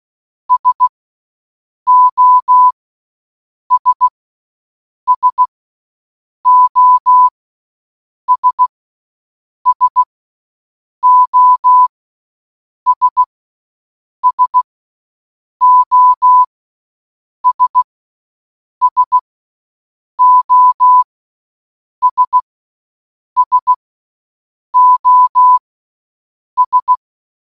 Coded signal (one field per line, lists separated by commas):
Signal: Morse code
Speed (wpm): 16 wpm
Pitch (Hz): 1000 Hz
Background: none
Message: SOS SOS SOS SOS SOS SOS